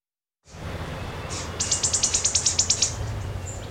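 Black-chested sparrow delivering one bright, high trill of many evenly spaced staccato notes.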